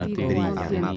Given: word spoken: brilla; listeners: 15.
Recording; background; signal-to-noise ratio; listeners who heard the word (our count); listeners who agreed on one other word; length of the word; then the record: one Spanish word in noise, from a listening test; four-talker babble; -1.6 dB; 0 of 15; 6 of 15; 0.57 s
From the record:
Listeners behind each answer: 6, 2, 1, 1, 1, 1, 1, 1, 1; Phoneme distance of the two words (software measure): 51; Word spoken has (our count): 2 syllables, 5 phonemes, stress on syllable 1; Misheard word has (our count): 3 syllables, 6 phonemes, stress on syllable 2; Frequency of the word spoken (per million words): 4.88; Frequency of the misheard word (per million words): 25.50